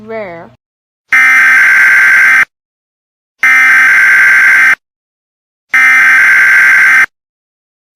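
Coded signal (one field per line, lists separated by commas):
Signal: Emergency Alert System (SAME) tones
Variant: header bursts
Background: speech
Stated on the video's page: Fictional EAS scenario, a remake of another, containing valid EAS tones.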